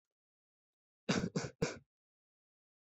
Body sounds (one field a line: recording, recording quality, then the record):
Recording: shallow voluntary cough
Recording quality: excellent, no background noise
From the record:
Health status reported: respiratory illness, not identified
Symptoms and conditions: breathing difficulty, asthma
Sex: male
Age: 18 years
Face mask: not worn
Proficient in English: no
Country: India